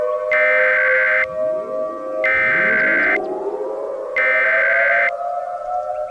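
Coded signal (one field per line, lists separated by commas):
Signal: Emergency Alert System (SAME) tones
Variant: header bursts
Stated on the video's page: Fictional EAS scenario using valid SAME headers.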